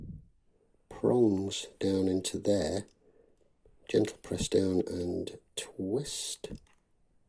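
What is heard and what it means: A small metal watch shock-absorber spring is handled at its jewel setting, pressed and twisted with a pegwood stick so its prongs can lock under the slots. Someone talks throughout, with a sudden onset of sound at 0.9 s. Nothing has seated or clicked yet.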